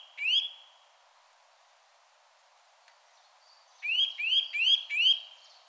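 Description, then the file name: Eurasian nuthatch giving one rising whistled note, then after a pause a quick run of four similar upslurred whistles over faint background noise. "Sitta europaea"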